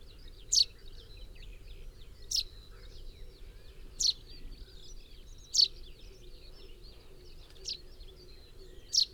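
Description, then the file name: Common chaffinch repeating a short, high, sharp call note roughly every one and a half to two seconds, six notes in all, with faint background noise. "Fringilla coelebs 180719"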